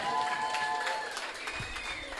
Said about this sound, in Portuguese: salva de palmas aí, né, gente?